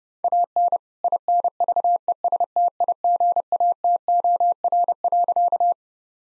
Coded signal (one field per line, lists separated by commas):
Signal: Morse code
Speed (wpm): 30 wpm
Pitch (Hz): 700 Hz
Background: none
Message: AN INVESTIGATOR.